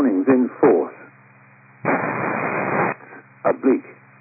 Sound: static